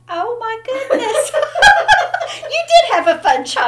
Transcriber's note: laughter